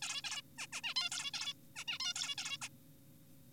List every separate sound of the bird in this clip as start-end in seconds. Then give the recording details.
0.02-0.22, 0.24-0.42, 0.58-0.67, 0.73-0.81, 0.84-0.94, 0.96-1.10, 1.12-1.31, 1.34-1.54, 1.76-1.84, 1.88-1.99, 2.00-2.14, 2.16-2.35, 2.38-2.57, 2.62-2.68. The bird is an adult. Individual g4p5U